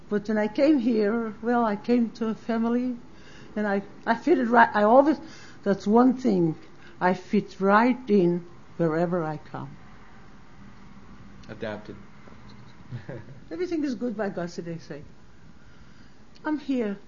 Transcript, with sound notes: But when I came here --- well, I came to family and I fitted right -- I always, that's one thing -- I fit right in wherever I come.
Adapted. [Laughs]
"Everything is good by Gussie," they say. I'm here.